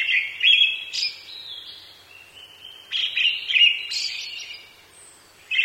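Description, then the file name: Brown-headed thrush song: short whistled, warbled phrases, some ending in a thin high note, separated by brief pauses. "akahara"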